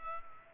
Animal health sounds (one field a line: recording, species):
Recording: mosquito wingbeat signal from an infrared sensor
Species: Culex pipiens